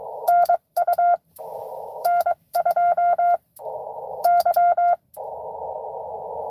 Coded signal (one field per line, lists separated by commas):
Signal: Morse code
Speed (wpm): 23 wpm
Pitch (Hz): 690 Hz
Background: none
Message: NU N2Y